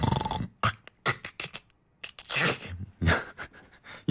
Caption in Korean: 잠을 자는 동안 좁아진 기도가 떨리면서 드르렁. 이런 소리가 반복적으로 나는 현상이 있습니다. 단순한 잠버릇으로 생각하기 쉽지만 심한 경우 수면 무호흡증과 연결되기도 한다고 합니다. 특히 음주나 피로, 비만 때문에 더 심해질 수 있는 이 수면 중 호흡 소리. 3번 코골이.